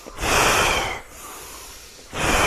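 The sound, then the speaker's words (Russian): Forceful breaths rush in and out through the nose in quick succession during a guided breathing exercise, loud hissing bursts with a brief softer lull between them, no voices. “Дышим, побыстрее.”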